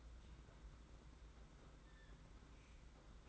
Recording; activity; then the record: daily activity, microphone in the room; open fridge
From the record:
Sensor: 3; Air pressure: 991.8 hPa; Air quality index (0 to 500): 215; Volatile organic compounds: 1000 ppm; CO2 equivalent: 7360 ppm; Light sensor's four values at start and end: 32/95/38/32 and 32/95/38/33